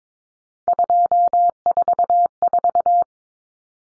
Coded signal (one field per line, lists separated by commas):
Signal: Morse code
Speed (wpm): 22 wpm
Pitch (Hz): 700 Hz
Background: none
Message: 244